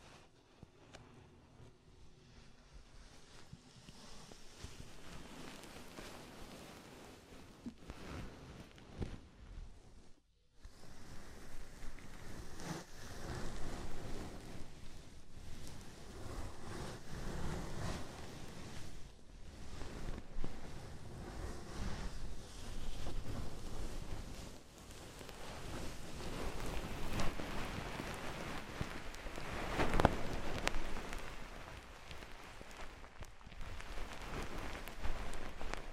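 Oily, foamy ear massage sounds, a dense crackling and squishing hiss that rises and falls with the rubbing strokes. The texture is fairly bright and continuous, with a short silent break near ten seconds and busier, louder passages toward the end.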